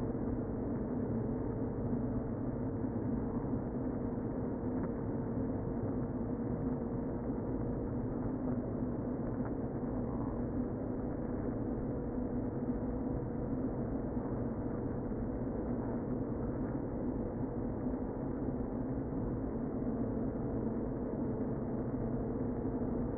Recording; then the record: honeybee colony, microphone inside the hive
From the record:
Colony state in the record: queen present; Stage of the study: before two queens were removed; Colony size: about 60,000 bees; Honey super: yes